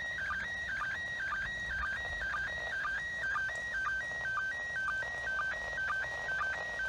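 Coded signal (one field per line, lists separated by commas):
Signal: SSTV (slow-scan television)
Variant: PD120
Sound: warbling tone hopping between two pitches with short low chirps twice a second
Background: radio static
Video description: they use 145.800 down, hold the monitor button, and use a SSTV decoding app to process it, today's event was in format PD120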